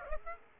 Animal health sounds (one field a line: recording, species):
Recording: mosquito wingbeat signal from an infrared sensor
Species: Aedes aegypti